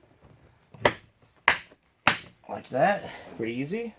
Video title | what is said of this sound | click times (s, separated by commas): 04-08 Pontiac Grand Prix - How to install LED's in the power mirror switch | then you got your door handle trim right here it just snaps right into place like | 1.5 s